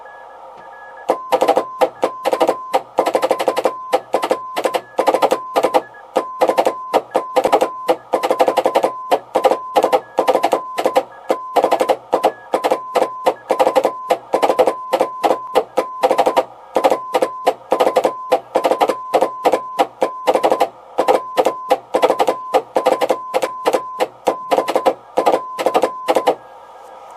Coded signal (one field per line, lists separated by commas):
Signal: Morse code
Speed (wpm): 14 wpm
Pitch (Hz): 1020 Hz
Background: radio noise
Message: KK4RF KK4RF DE WU2D WU2D WU2D <AR>